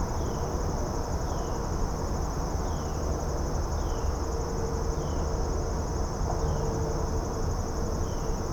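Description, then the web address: Insects keep up an unbroken high shrill drone above deep rumbling noise; faint short falling chirps repeat at regular intervals, plus a low hum. Suburban area, daytime, insects heard within general suburban din. "boom library Urban and Suburban Suburban din day insects"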